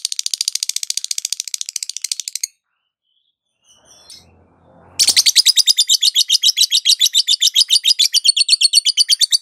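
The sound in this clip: Lovebird chattering: a rapid run of high, buzzy chirps, a short gap with faint low sounds, then a longer dense stream of shrill, repeated notes.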